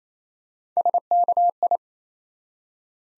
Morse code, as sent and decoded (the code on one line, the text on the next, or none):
... -.- ..
SKI